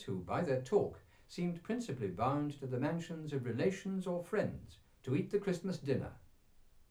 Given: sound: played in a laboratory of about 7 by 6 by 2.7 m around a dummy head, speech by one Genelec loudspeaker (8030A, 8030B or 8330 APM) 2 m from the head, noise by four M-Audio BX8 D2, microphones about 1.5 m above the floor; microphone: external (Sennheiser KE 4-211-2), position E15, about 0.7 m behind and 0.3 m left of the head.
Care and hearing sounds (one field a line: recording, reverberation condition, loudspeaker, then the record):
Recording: male speech in English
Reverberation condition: low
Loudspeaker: 30 degrees to the left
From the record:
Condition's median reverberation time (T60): about 310 ms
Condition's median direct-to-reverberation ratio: about 3.5 dB